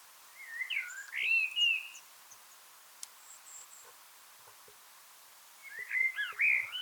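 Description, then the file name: Common blackbird singing a low, rich warbled phrase, then after a pause a second fluty phrase, with faint thin high notes in between. "Turdus merula"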